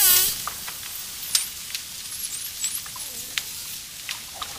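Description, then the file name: Dolphin whistles: after an opening buzzy pulse burst, several very high, quick up-and-down whistles with sporadic clicks. Clicking and whistling of a dolphin, with water splashes. "shelkane svist delfina vspleski vodi"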